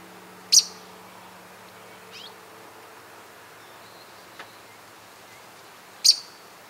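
Bird calls: two sharp, high chip notes about five and a half seconds apart, with a faint soft note between them over a low steady hum.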